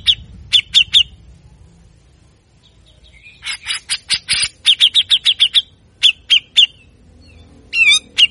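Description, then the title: Grey-cheeked bulbul with scattered harsh chips, then a dense rasping burst and a quick series of sharp buzzy notes, ending in a brief twisting whistle. Actively singing bird; long-duration training recording of harsh rapid song bursts, called besetan kasar, described as fierce and used to provoke other songbirds into singing. "MASTERAN CUCAK JENGGOT GACOR FULL BESETAN KASAR DURASI PANJANG !!!. Cucak Jenggot Gacor Galak Efektif Untuk Pancing Bunyi"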